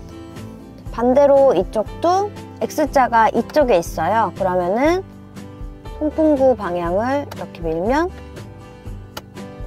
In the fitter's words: 딸깍 하는 소리와 함께 바람이 나오지 않습니다